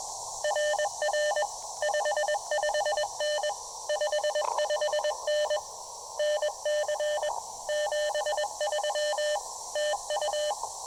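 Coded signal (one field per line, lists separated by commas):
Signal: Morse code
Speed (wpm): 19 wpm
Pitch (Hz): 590 Hz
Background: none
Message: RR 55N 55N NC 73 TU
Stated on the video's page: Morse heard during a POTA park activation.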